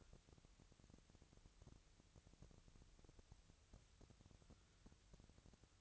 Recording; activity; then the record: daily activity, microphone in the room; wipe stove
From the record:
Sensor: 3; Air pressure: 1001.6 hPa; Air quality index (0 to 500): 223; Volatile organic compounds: 30 ppm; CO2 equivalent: 2962 ppm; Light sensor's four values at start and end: 11/33/14/12 and 11/33/14/12